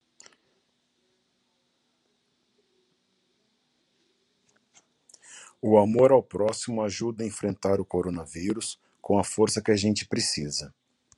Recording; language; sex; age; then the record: spoken sentence; Brazilian Portuguese; male; 30 to 39 years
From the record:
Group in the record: control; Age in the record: 38 years